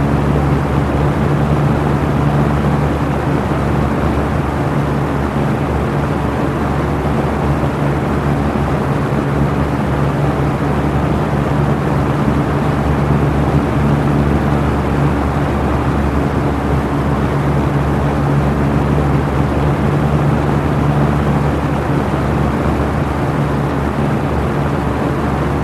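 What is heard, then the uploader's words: A box fan runs at medium speed, giving a steady, dense whoosh that holds unchanged for the whole stretch. The sound is weighted low, with a faint constant hum in the bass and a softer airy hiss above. No other sounds break through. Box Fan, Medium Speed: White Noise. The steady sound of a box fan on medium speed.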